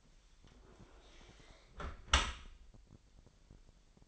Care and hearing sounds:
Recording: daily activity, microphone in the room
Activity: close dishwasher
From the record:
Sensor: 5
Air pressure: 1000.9 hPa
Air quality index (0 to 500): 249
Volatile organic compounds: 35 ppm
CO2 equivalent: 3061 ppm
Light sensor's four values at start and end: 31/72/29/27 and 31/72/29/27

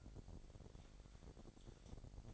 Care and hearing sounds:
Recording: daily activity, microphone in the room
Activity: take from stove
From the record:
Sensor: 5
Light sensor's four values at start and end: 44/99/42/45 and 45/103/43/45

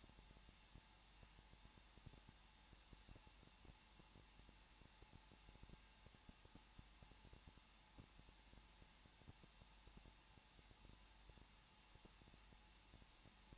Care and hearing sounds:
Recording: daily activity, microphone in the room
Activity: no activity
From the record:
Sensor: 1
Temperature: 20.0 degrees Celsius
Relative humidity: 39.5%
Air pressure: 1006.4 hPa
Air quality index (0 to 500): 220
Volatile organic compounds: 83 ppm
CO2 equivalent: 3634 ppm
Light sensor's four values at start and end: 1/2/1/1 and 1/2/1/1

